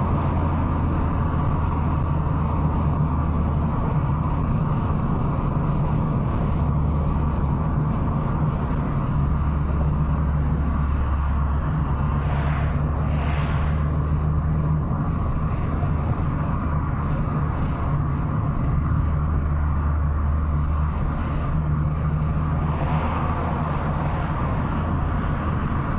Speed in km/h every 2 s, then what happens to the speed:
89, 85, 83, 81, 80, 79, 82, 88, 90, 88, 86, 88, 92.
0-11 slows to 79. 11-15 speeds up to 90. 15-21 steady at about 88. 21-26 speeds up to 92.